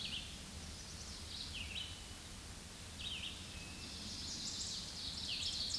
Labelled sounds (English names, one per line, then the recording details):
Red-eyed Vireo song
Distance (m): 35 m
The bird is about 15 m above the microphone
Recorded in a Pennsylvania forest on 16 May 2024 at 07:46
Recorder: AudioMoth, point MSD-1539
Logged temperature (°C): 16.0 °C
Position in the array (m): 149 m, 30 m